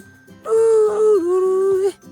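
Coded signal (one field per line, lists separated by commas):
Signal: whistled language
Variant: Kongthong name tune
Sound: one sustained hummed or sung tone with a single downward step in pitch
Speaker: My name is Tujan and my Jingruayao Bay is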